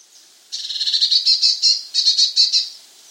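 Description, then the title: Eurasian blue tit giving one long, buzzy, pulsed churring rattle of about two seconds with a slight break near the end. "Gelatikbt. Eurasian Blue Tit (Cyanistes caeruleus)"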